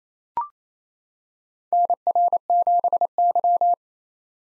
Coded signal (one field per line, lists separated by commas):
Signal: Morse code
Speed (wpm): 28 wpm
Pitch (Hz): 700 Hz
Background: none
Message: NR7Y